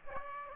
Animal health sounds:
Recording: mosquito wingbeat signal from an infrared sensor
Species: Aedes aegypti

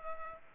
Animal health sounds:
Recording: mosquito wingbeat signal from an infrared sensor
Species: Culex pipiens

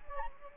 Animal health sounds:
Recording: mosquito wingbeat signal from an infrared sensor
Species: Anopheles gambiae

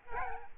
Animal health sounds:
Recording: mosquito wingbeat signal from an infrared sensor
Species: Aedes albopictus

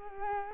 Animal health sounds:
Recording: mosquito wingbeat signal from an infrared sensor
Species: Culex quinquefasciatus

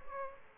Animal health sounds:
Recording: mosquito wingbeat signal from an infrared sensor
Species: Aedes aegypti

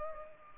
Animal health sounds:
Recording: mosquito wingbeat signal from an infrared sensor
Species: Culex pipiens

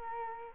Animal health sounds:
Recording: mosquito wingbeat signal from an infrared sensor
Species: Culex quinquefasciatus

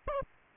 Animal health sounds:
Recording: mosquito wingbeat signal from an infrared sensor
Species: Aedes albopictus

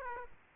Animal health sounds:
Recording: mosquito wingbeat signal from an infrared sensor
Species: Aedes aegypti

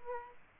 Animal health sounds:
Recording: mosquito wingbeat signal from an infrared sensor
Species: Aedes aegypti

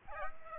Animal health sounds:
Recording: mosquito wingbeat signal from an infrared sensor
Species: Aedes aegypti

